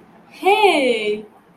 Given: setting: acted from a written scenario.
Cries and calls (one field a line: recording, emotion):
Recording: vocal sound without words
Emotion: positive surprise